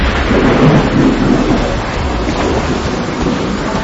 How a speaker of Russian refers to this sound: Если мы не уберем их, буря вырвет обе мачты из палубы нашей шхуны.